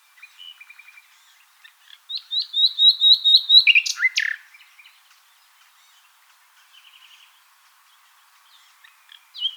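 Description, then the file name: Common nightingale singing: soft notes, then a loud phrase of rapidly repeated sharp whistles ending in a harsh burst, followed by quiet pauses, faint notes and a louder note at the very end. "Luscinia megarhynchos"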